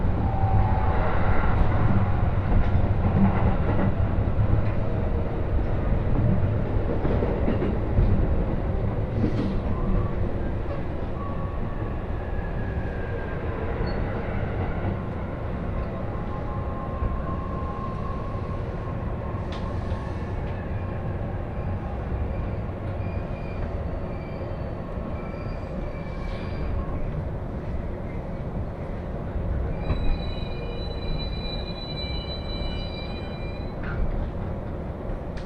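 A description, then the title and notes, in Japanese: Train ride on the Joban Line: a dense, steady low rumble of the carriage running on rails fills the whole clip, slightly louder in the first ten seconds. Faint clicks, squeaks and brief tones come and go, with a high whine near thirty seconds. 耳で楽しむ鉄道旅 常磐線 勝田→石岡。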